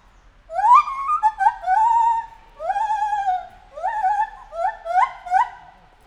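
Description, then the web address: White-handed gibbon calling: a run of rising, wavering hoots that start long and grow shorter and quicker toward the end, with nothing else audible. Captive, in a zoo in Nyíregyháza, recorded in 2019, calling with shorter and longer pauses between calls. "feherkezu gibbon kisebbnagyobbszunetekkel nyiregyhaza"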